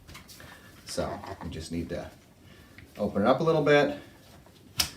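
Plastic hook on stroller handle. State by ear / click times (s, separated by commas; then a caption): seated / 4.8 s. Someone talks while a plastic hook accessory is opened slightly and slid onto the handle of a Babyzen Yoyo2 stroller, just above the handle's locking mechanism. At 4.8 s it snaps into place with a single sharp plastic click, seating the hook on the handle.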